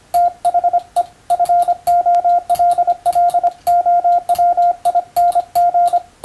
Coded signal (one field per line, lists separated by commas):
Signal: Morse code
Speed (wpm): 25 wpm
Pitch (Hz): 700 Hz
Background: radio noise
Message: THE FOLLOWING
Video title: 【モールス符号を打電せよ！】欧文モールス信号１２５字／分、第一級総合無線通信士の電気通信術の練習です。モールスの受信練習に(practice for radiotelegraph operator)